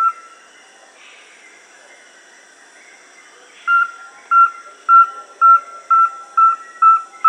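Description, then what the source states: Rusty-belted tapaculo song: after a quiet start, a steady series of eight short, even whistled notes on one pitch, a little under two per second. South America.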